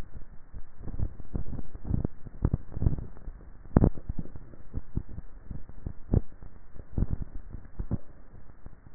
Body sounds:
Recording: swallowing sounds by neck microphone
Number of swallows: 2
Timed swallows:
2.68-4.08 s: swallow
7.05-7.98 s: swallow
From the record:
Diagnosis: dysphagia

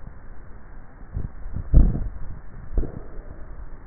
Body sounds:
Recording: swallowing sounds by neck microphone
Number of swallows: 1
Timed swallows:
1.58-2.58 s: swallow
From the record:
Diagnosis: dysphagia

